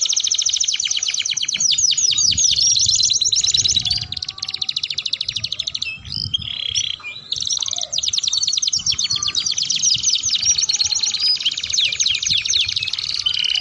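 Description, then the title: Atlantic canary song, dense high trills run almost without a break, with a few clear whistles and swept notes between the rolls. Belgian canary song used to stimulate other canaries into singing and to tutor young canaries. "Canto Para Esquentar Canário Belga. Suara Pancingan Kenari Gacor || Bagus Untuk Masteran Kenari Paud"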